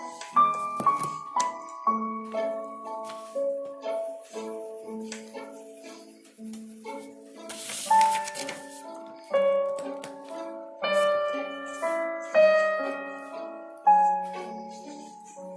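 Soft piano plays a slow, gentle melody over mid-range chords, notes ringing and fading steadily, with a brief rustle around the middle.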